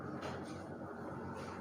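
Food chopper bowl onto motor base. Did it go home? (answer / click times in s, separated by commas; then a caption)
no / none. A plastic food chopper bowl is being positioned on its motor base before it is twisted to lock. There are faint handling sounds over a steady background hum and no sharp click. Nothing has seated or clicked yet.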